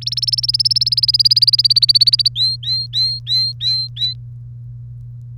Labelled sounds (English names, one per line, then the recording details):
Domestic Canary song
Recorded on 30 April 2018 at 15:21
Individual llb3